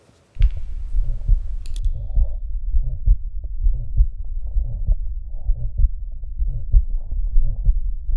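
Heartbeat at about 66 a minute in a man over 70 with severe anaemia and a hyperdynamic left ventricle. A low, humming, vibratory Still's murmur, which is innocent, is heard together with a higher-pitched crescendo-decrescendo systolic murmur after each first sound, caused by aortic valve sclerosis without valve dysfunction.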